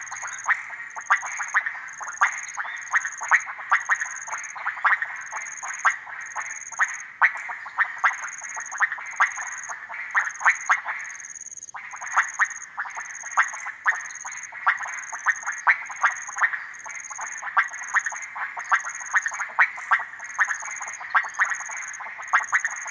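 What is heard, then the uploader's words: Frogs call densely at a pond, a constant crackling chorus of rapid clicks and croaks in the mid range with no real pauses except a brief dip near eleven seconds. A high, pulsing insect trill repeats steadily above them throughout. Harenna Forest - Frogs At Pond. Deep in the Harenna Forest there are small ponds and puddles created by the constant humidity of the cloud forest. This is a recording I made on a muggy, lazy afternoon. It was overcast and quite hot so the birds were mostly quiet, but the frogs didn't seem to mind. Recorded on Sony PCM D100.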